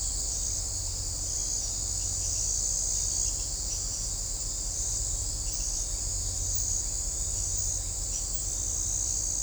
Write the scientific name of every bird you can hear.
none